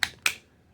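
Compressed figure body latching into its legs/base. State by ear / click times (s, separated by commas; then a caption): seated / 0.0 s, 0.3 s. A plastic Ram Man action figure is pressed down so its spring-loaded body compresses into its legs and base. Two sharp plastic clicks sound at 0.0 and 0.3 seconds as the body locks into place, which works, though in an odd way.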